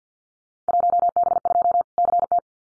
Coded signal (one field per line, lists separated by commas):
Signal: Morse code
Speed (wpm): 50 wpm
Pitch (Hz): 700 Hz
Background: none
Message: 1B2 CT